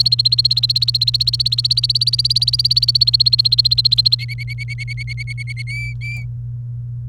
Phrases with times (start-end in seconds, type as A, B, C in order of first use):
0.00-4.15 A, 4.19-5.62 B, 5.67-6.23 C